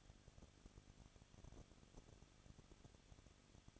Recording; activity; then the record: daily activity, microphone in the room; no activity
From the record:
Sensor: 4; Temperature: 23.0 degrees Celsius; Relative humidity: 34.4%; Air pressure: 1007.2 hPa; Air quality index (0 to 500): 215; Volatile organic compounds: 15 ppm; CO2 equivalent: 2492 ppm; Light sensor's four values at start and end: 2/3/1/1 and 2/3/1/1